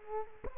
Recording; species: mosquito wingbeat signal from an infrared sensor; Culex quinquefasciatus